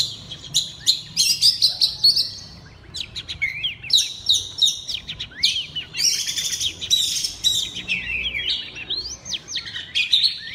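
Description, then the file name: Oriental magpie-robin singing a long, varied run of sharp whistles, rapid chattering trills and slurred notes, nearly without pause. Loud song in the ngeplong style. "suara kacer ngeplong keras"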